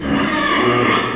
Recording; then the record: squeal of a Yucatan mini pig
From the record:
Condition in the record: before surgery on the right vocal fold (resection and tissue-engineered implant); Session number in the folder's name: 1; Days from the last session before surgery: -3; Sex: male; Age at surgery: 12 weeks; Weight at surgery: 13 kg